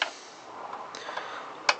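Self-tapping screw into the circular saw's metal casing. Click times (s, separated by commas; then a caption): 0.0 s, 1.7 s. A self-tapping screw is turned backwards in the soft metal casing of a Makita 5621 circular saw until it drops into the original thread, so it can then be driven forwards without stripping the casing. Sharp clicks at 0.0 s and 1.7 s, the second the loudest, stand out over a faint steady hiss with a few softer ticks between them. The screw seats in the old thread.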